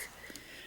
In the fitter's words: just pass you'll hear it click